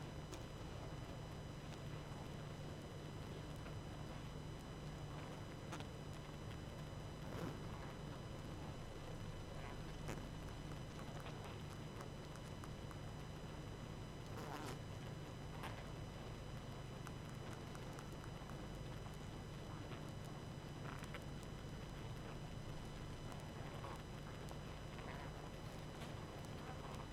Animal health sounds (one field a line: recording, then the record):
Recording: honeybee colony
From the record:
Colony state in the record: active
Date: 12 June 2018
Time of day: 20:35